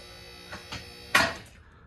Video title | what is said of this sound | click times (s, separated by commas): QuickJack BL-7000SLX Portable Car Lift Demo and Review | Okay, so you heard that click. That is the first height | 1.1 s